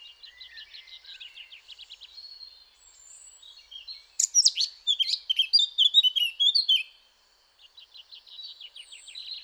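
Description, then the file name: Eurasian blackcap song: a quiet, rapid, rattly warble, then a loud burst of varied whistled and chirping notes. The burst breaks off and the soft warbling starts again. "Sylvia atricapilla"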